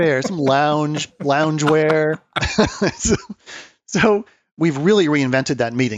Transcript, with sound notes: Some loungewear.. [laugh] So we’ve really reinvented that meeting.